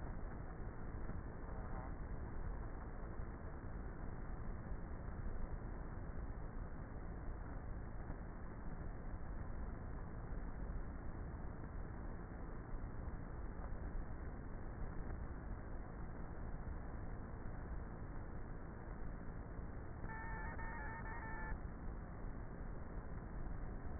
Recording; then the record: honeybee colony, microphone inside the hive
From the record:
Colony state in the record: queenless with a low population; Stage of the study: before two queens were removed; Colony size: about 30,000 bees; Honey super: no